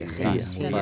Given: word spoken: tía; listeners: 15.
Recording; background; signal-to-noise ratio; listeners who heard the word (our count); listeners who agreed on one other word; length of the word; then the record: one Spanish word in noise, from a listening test; four-talker babble; -0.7 dB; 1 of 15; 6 of 15; 0.42 s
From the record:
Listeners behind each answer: 6, 2, 2, 1, 1, 1, 1, 1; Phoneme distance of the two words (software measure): 24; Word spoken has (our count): 2 syllables, 3 phonemes, stress on syllable 1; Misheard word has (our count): 3 syllables, 5 phonemes, stress on syllable 2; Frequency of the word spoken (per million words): 46.50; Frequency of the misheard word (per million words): 1.73